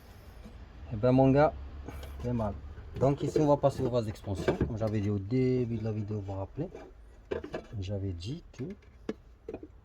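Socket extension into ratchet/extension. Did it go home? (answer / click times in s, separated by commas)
yes / 9.1 s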